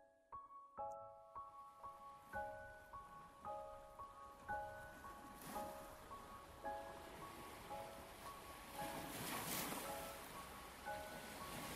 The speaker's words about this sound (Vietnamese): Tiếng sóng vỗ rì rào, tiếng bãi cát trắng mịn, ánh nắng chân hòa kèm theo những cơn gió nhẹ nhàng mang theo hương vị của biển khơi thoảng qua, khiến quan khách bạn bè và người thân của cô dâu cảm thấy dễ chịu.